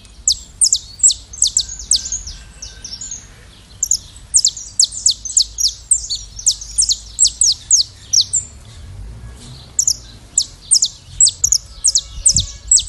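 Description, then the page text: Saffron finch calls: bright, high chirps tumble in fast irregular runs, with brief pauses between bursts. "CANÁRIO TERRA (Sicalis Flaveola)"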